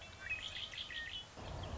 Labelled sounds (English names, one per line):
Red-winged Blackbird